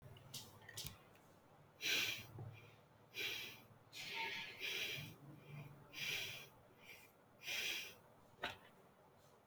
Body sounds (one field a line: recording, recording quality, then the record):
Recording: shallow breathing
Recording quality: excellent, no background noise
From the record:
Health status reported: healthy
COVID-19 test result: not tested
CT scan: not taken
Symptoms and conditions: hypertension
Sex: male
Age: 23 years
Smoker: no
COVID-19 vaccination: none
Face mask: not worn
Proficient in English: no